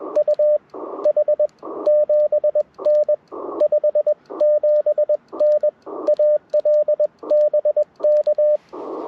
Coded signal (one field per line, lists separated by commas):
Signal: Morse code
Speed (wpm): 20 wpm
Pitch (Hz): 590 Hz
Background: radio noise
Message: UH 7N 57N AL BK